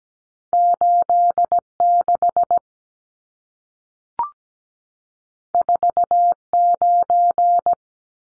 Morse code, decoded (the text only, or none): 86 49